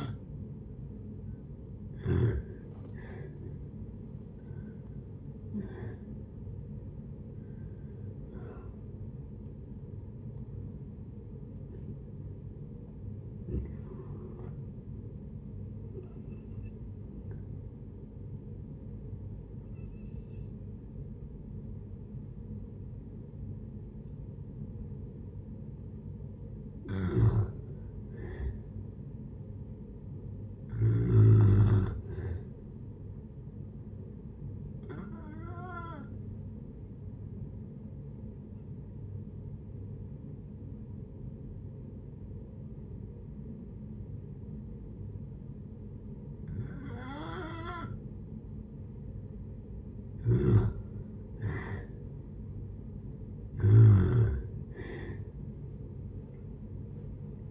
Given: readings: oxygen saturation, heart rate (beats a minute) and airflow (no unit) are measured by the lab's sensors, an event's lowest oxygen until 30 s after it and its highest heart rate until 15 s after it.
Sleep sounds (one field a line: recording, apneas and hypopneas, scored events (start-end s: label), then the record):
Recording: breathing in sleep by a smartphone at the bedside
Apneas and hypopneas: 2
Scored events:
14.00-27.60 s: hypopnea (N2, oxygen 96% highest, then 91% lowest)
34.00-49.40 s: hypopnea (N2, oxygen 96% highest, then 87% lowest)
47.00-57.51 s: new sleep stage, N1 (lightest sleep)
From the record:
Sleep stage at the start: N2 (light sleep)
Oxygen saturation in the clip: 87 to 97%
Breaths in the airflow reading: 12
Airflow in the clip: -10.0 to 12.4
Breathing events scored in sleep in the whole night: 496 in 5.4 hours asleep